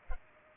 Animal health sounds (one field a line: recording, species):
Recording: mosquito wingbeat signal from an infrared sensor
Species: Culex pipiens